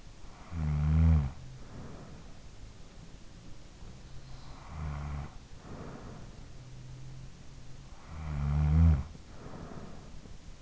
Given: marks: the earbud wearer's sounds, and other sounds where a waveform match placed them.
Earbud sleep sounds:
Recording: sounds in sleep by an in-ear microphone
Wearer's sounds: snoring breath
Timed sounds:
0.00-2.88 s: snoring breath
3.81-7.08 s: snoring breath
7.44-10.62 s: snoring breath

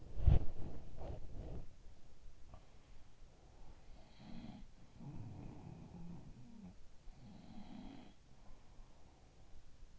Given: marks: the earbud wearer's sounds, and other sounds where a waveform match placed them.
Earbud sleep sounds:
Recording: sounds in sleep by an in-ear microphone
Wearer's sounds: body movement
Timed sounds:
0.00-2.00 s: body movement
2.50-3.15 s: sound from someone else or the room
3.83-6.92 s: sound from someone else or the room
7.14-9.49 s: sound from someone else or the room

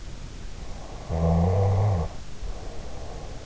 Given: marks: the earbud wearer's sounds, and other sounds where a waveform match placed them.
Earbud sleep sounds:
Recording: sounds in sleep by an in-ear microphone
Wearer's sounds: snoring breath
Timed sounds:
0.97-3.40 s: snoring breath

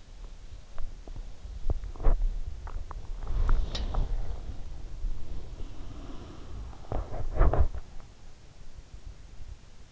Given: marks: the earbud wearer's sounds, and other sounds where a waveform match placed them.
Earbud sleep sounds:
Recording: sounds in sleep by an in-ear microphone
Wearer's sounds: teeth grinding, body movement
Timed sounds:
0.00-4.09 s: teeth grinding
1.19-8.55 s: body movement

